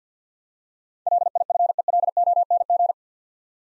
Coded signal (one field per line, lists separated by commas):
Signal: Morse code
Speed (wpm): 50 wpm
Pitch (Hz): 700 Hz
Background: none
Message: LIFELONG